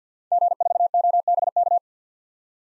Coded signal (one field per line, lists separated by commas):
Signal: Morse code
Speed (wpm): 47 wpm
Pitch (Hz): 700 Hz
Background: none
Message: G4OBK